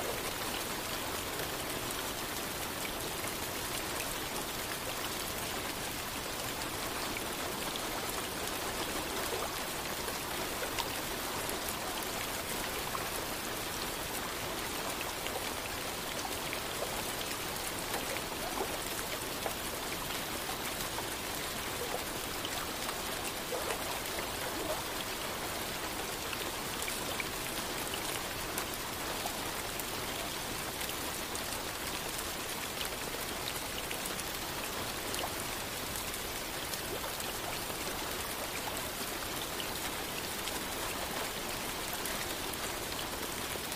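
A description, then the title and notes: Gentle rain falls steadily over lake water, a dense, even hiss of countless drops with no pauses or build. The sound sits mostly in the bright upper range, with faint pattering and soft splashes and little low rumble underneath. Gentle Rain & Lake Water Sounds - White Noise.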